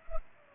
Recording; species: mosquito wingbeat signal from an infrared sensor; Culex pipiens